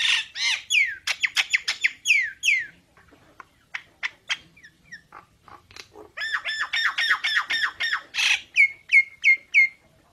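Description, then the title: Nias hill myna singing loud downslurred whistles and clicks, a quieter pause, then rapid harsh chattering and several repeated clear whistles to close. Energetic 'gacor' singing with a very loud 'super gledek' voice, used as master material for tutoring songbirds. "Burung Jalak Nias Gacor Suara Super Gledek Untuk Masteran"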